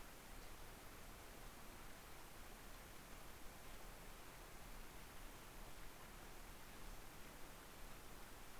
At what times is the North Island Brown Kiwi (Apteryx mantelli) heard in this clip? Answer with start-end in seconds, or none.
none